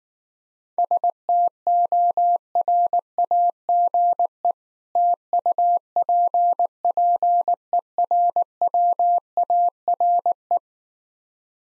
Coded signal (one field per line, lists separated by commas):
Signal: Morse code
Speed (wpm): 19 wpm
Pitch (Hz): 700 Hz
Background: none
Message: STORAGE TUPPERWARE